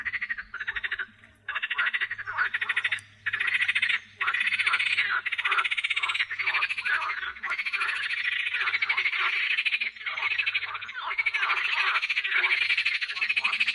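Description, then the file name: Frogs calling in a dense pulsed chorus, rapid trilling croaks overlapping almost continuously with brief gaps. Frogs calling at a pond. "Frogpond"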